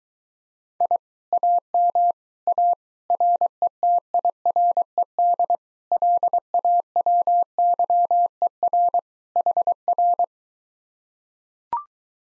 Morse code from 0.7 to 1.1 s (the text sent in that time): I